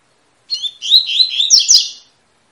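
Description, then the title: Double-collared seedeater singing one quick phrase of twittering, slurred whistles that climb and fall, ending in a burst of sharp repeated notes. Tui-tui song type, fibra (spirited) bird; teacher song used to train young birds. "COLEIRO TUI TUI FIBRA CANTO PROFESSOR"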